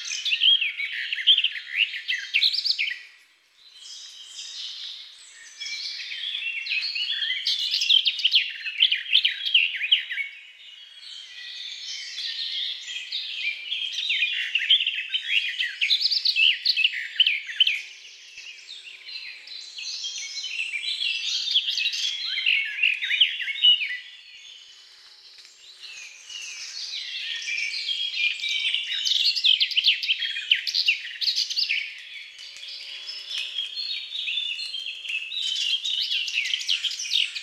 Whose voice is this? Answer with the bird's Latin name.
Sylvia borin